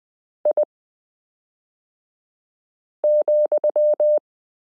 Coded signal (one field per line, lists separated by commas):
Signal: Morse code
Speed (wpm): 20 wpm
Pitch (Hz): 600 Hz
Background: none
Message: I,